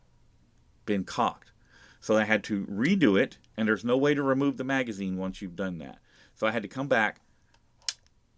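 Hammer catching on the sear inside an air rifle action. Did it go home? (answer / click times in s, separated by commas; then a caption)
yes / 7.9 s. On an Air Venturi Avenger air rifle, the side lever or bolt is pulled all the way back so the hammer catches on the sear inside the action and cocks. Someone talks through most of the clip, then after a pause a sharp click sounds at 7.9 s as the hammer cocks.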